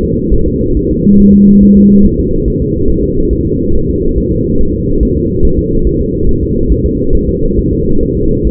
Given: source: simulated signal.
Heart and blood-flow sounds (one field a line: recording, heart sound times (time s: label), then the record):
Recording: fetal heart sounds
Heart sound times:
0.04 s: S2
0.34 s: S1
0.48 s: S2
0.77 s: S1
0.91 s: S2
1.20 s: S1
1.34 s: S2
1.63 s: S1
1.77 s: S2
2.06 s: S1
2.19 s: S2
2.48 s: S1
2.62 s: S2
2.90 s: S1
3.04 s: S2
3.33 s: S1
3.47 s: S2
3.75 s: S1
3.90 s: S2
4.18 s: S1
4.32 s: S2
4.61 s: S1
4.75 s: S2
5.03 s: S1
5.17 s: S2
5.45 s: S1
5.59 s: S2
5.87 s: S1
6.01 s: S2
6.29 s: S1
6.43 s: S2
6.72 s: S1
6.86 s: S2
7.15 s: S1
7.29 s: S2
7.59 s: S1
7.73 s: S2
8.03 s: S1
8.17 s: S2
8.47 s: S1
From the record:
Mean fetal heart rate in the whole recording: 140 bpm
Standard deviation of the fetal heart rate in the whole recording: 2 bpm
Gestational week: 34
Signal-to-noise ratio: -17.7 dB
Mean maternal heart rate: 72 bpm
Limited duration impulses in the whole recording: present